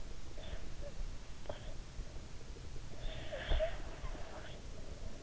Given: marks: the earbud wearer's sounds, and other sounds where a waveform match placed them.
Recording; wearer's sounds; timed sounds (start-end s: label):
sounds in sleep by an in-ear microphone; snoring breath
2.76-5.02 s: snoring breath